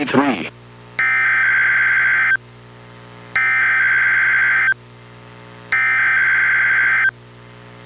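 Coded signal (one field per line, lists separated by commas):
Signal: Emergency Alert System (SAME) tones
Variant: header bursts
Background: speech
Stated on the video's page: NOAA Weather Radio required weekly test from NWS Portland, relayed by transmitter KEC91 in Astoria, received on a Reecom R-1630 weather radio.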